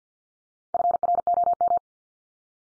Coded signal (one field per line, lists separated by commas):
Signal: Morse code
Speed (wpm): 50 wpm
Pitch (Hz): 700 Hz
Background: none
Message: FROM